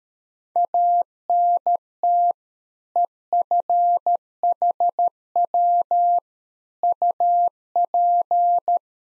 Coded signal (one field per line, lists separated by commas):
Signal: Morse code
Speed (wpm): 13 wpm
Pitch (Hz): 700 Hz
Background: none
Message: ANT EFHW UP